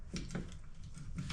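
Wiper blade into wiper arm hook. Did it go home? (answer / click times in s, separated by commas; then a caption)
no / none. A new wiper blade's adapter is being slid under the hook of a Hyundai Elantra's wiper arm and pulled toward place, making brief handling knocks near 0.2, 0.4 and 1.3 seconds over a low rumble. Nothing has seated or clicked yet.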